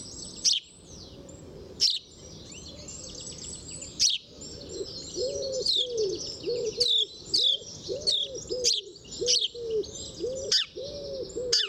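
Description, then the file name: House sparrow giving scattered sharp chirps every second or two, with dove cooing joining partway through and soft twittering behind. "Passer domesticus"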